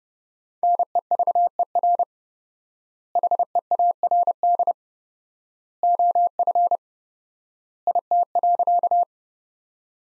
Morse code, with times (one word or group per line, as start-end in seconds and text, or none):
0.6-2.0 NEVER
3.2-4.7 HEARD
5.8-6.8 OF
7.9-9.0 IT.